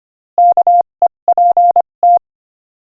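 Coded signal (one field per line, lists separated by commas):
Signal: Morse code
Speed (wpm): 25 wpm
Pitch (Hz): 700 Hz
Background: none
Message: KEPT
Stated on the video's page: Morse code listening practice at 25 wpm, text of a joke.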